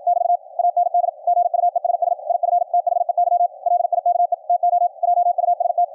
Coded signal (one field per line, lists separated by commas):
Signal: Morse code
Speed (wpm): 56 wpm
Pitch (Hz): 700 Hz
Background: none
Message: <BT> AND GUESS IF THEY LIKE TO JUST